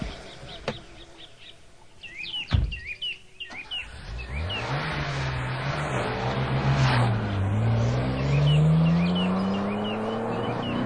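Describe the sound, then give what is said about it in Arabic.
A luxury car's engine revs up and accelerates on a highway, its pitch climbing, dipping briefly, then rising again in a long loud surge, while birds chirp at the start and a sharp thump sounds early on. “وإذا بهم يمشون في طريق من الطرق السريعة.”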